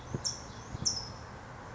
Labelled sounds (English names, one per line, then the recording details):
California Towhee
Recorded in Sonoma County, California